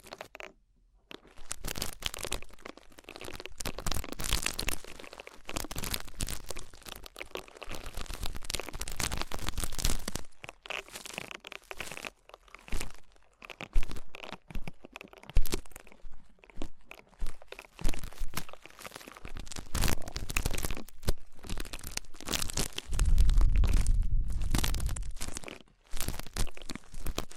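Ear cleaning sounds fill the recording: dense, crackly rubbing and crunching that rises and falls in quick bursts, with brief silences between strokes. Around 23 to 25 seconds a heavier, lower rumbling scrape joins in before a short pause and more crinkling.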